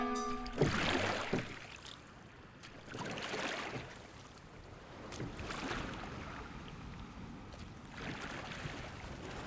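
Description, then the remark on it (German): A rowing boat sets off over water, with oar strokes splashing in a slow, regular rhythm about every three seconds over a steady wash of water and wind. “Alle Hände, die nicht ruderten, reckten sich dem Kapitän entgegen.”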